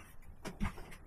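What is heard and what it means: A plastic body shell of a Traxxas Funco RC truck is handled and lowered toward the chassis clip mounts, with faint rustling and a couple of soft plastic bumps around 0.5 s and 0.6 s. The body has not yet been pushed home onto the clips, and nothing has seated or clicked yet.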